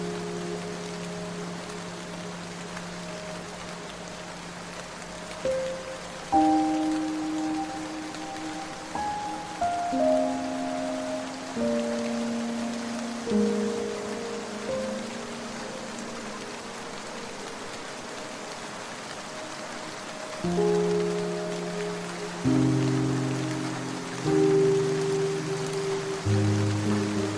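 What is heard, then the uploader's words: Evening rain falls as a steady, even hiss across the whole clip. Over it, long held low tones shift in pitch every few seconds, with sharper changes near 6, 10, 13, 20 and 26 seconds. The level stays fairly constant and unbroken. The Magic of an Evening Rain in Costa Rica.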